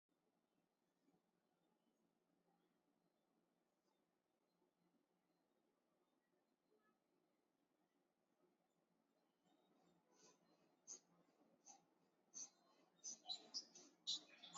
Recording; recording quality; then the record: shallow breathing; excellent, no background noise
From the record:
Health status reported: exposed to COVID-19, no respiratory illness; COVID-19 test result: negative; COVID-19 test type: RT-PCR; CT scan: not taken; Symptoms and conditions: sore throat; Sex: female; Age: 22 years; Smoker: no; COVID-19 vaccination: one dose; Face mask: not worn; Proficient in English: yes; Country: India